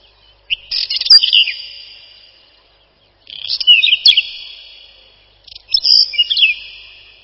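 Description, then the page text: Whinchat delivering three short mixed phrases of crackling ticks and high whistled twists, spaced a couple of seconds apart. "Луговой чекан — Saxicola rubetra"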